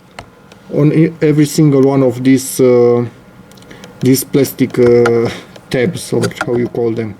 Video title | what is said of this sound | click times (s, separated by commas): Audi A4 B8 - How to add heated mirrors (including VCDS activation) | something like this. until it pops in place | 0.2 s